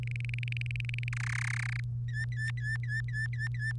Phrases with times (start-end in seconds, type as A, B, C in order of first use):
0.03-1.09 A, 1.12-1.80 B, 2.09-3.72 C